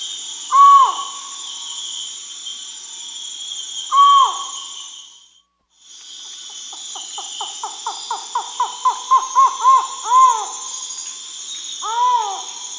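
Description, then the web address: Collared forest-falcon giving loud, hollow, down-slurred calls, first singly, then a rapid run of many shorter notes, then a single call again, over a steady high insect chorus. Amazon, Peru. "Birds of the Amazon. Collared Forest-Falcon (Micrastur semitorquatus), Peru"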